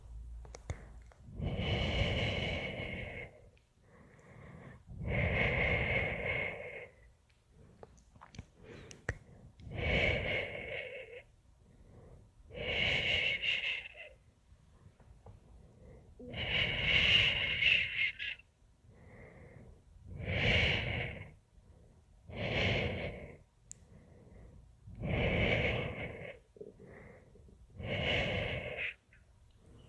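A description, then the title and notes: Breathy shushing comes in steady bursts of a second or two, repeating every few seconds, with faint clicks between them in quiet gaps. Tongue clicking. Shushing.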